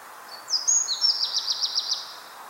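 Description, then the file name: Eurasian wren song: a loud, high, rapid burst of whistled notes that runs into a fast, metallic trill, lasting about one and a half seconds, over a quiet background. "Troglodytes troglodytes"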